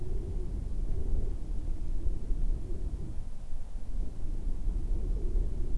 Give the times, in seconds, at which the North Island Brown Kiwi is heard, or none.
none